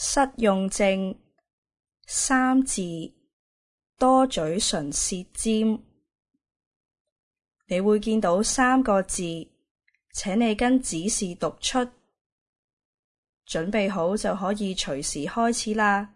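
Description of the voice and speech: Halting Cantonese speech from an adult, produced in short bursts separated by long pauses, with a stretched syllable: apraxia of speech.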